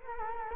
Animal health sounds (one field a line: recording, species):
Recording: mosquito wingbeat signal from an infrared sensor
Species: Culex quinquefasciatus